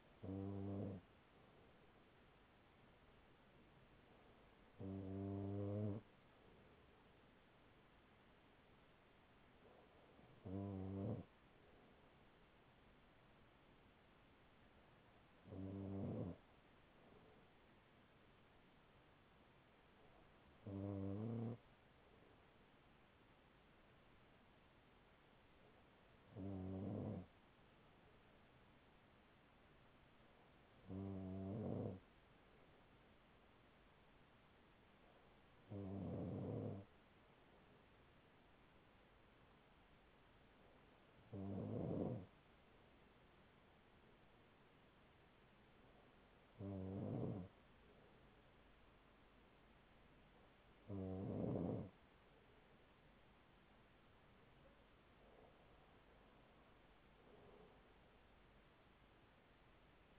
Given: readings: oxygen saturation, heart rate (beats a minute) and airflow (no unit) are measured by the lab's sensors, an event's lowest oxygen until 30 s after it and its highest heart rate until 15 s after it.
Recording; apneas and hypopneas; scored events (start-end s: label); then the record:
breathing in sleep by a voice recorder at the bedside; none
none scored
From the record:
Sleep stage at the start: N2 (light sleep); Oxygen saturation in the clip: 94 to 96%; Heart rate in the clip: 39 to 43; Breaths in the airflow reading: 12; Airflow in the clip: -6.2 to 4.7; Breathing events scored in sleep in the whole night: 207 in 7.6 hours asleep